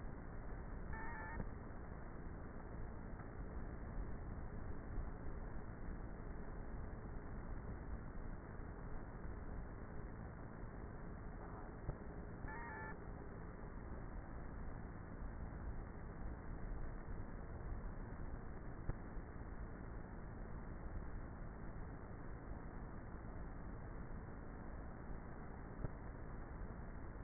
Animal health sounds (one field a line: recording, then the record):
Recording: honeybee colony, microphone inside the hive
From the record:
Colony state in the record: queenless with a low population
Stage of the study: before two queens were removed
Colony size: about 30,000 bees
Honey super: no